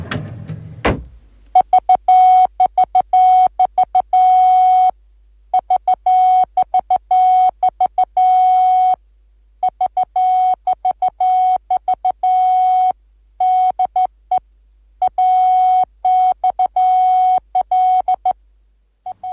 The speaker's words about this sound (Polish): Wieczór to AXL w alfabecie Morsa, sygnał wywoławczy transatlantyckiej centrali radiotelegraficznej w Babicach koło Warszawy. Prawie dokładnie 95 lat temu, 1 października 1923 roku, poszedł w eter pierwszy raz ten sygnał.